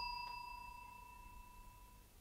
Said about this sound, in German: Glocke. Das hat nichts zu sagen. Der Klöppel wird sich wieder festgeklemmt haben. Die kleinste Erschütterung genügt. Ich habe leicht mit dem Fuß aufgestampft, als ich rief.